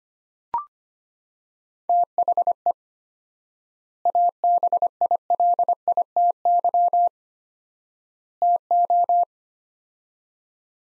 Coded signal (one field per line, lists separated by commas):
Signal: Morse code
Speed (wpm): 25 wpm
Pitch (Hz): 700 Hz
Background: none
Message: THE ABILITY TO